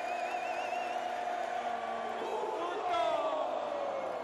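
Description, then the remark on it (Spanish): A large crowd at a Mexican football stadium shouts its famous sustained chant, many voices blending into a loud, continuous roar with wavering pitches, swelling briefly near the end before holding steady. “Ahora, otro escenario es el famoso grito.”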